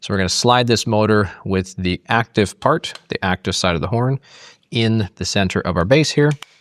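A servo motor is being handled and slid, horn side first, toward the center of a 3D-printed plastic robot-arm base while someone talks throughout. No click or snap is heard, and nothing has seated yet; the motor is not yet home in the base.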